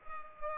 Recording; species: mosquito wingbeat signal from an infrared sensor; Culex pipiens